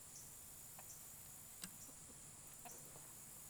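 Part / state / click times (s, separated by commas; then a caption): battery lead connector onto solar fence energizer battery terminal / seated / 1.6 s. A battery lead connector is slid onto the terminal of a replacement battery in a Gallagher S100 solar fence energizer, giving one short, sharp click at 1.6 s. The click rises clearly above a steady high-pitched background hiss with faint chirps. The connector is seated and won't come off when tugged.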